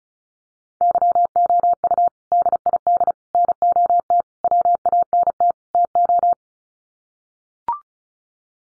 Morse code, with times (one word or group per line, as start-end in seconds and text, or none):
0.8-2.1 YOU
2.3-3.1 DID
3.3-4.2 NOT
4.4-5.5 WANT
5.7-6.3 TO